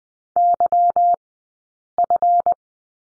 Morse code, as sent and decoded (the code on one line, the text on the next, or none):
-.-- ..-.
YF